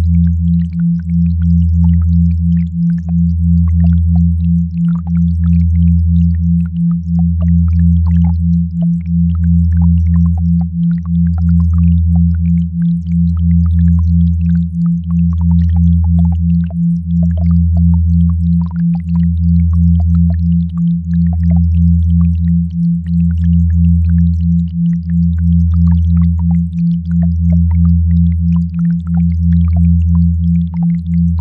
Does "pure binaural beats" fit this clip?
yes